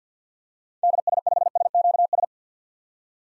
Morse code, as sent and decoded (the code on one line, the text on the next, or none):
-.. ... ..... ... --.- ...
DS5SQS